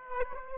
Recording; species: mosquito wingbeat signal from an infrared sensor; Aedes aegypti